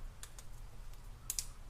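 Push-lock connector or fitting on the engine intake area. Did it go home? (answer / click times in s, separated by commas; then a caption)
yes / 1.3 s, 1.4 s. A freed push-lock fitting in the engine intake area of a Hellcat is pushed back in during intake removal. After a couple of faint taps at 0.2 and 0.4 seconds, two sharp clicks sound at 1.3 and 1.4 seconds over a low steady hum. The fitting locks into place.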